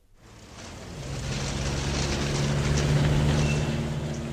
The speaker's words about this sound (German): Junimorgen. Staub, Straßenlärm und dieser undefinierbare Stadtgeruch, der in den Häusern steckt, wie der Duft von Mottenkugeln in alten Kleiderschränken. Ich muss es Ihnen sagen, denn an den Geräuschen allein, nein, man kann die Stadt nicht erkennen.